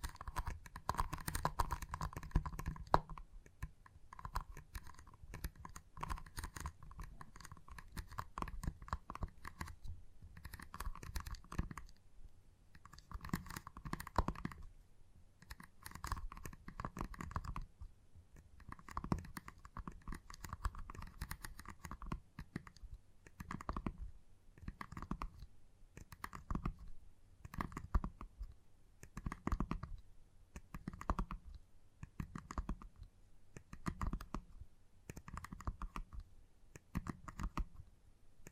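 Gentle tapping continues throughout, a dense run of soft clicks that sound much like typing on a keyboard. The taps come in quick bursts separated by short pauses, with a low thud beneath some strikes and a steady light hiss between them.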